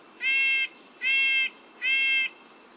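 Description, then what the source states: Red-breasted Nuthatch giving three nasal, tinny, horn-like calls, each about half a second long, spaced roughly every 0.8 seconds with a steady, even pitch. Calls while hanging upside down on a pine cone in autumn woods, removing the rich seeds.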